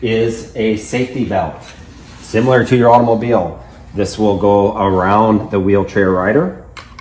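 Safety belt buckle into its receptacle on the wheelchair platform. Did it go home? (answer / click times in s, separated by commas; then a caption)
no / none. Someone talks while handling the safety belt of a VanRaam Velo Plus wheelchair transporter, which goes around the wheelchair rider and buckles into its receptacle on the wheelchair platform. Two brief sharp sounds occur near the end, at about 6.8 s and 7.0 s, but the buckle has not yet clicked or locked into place.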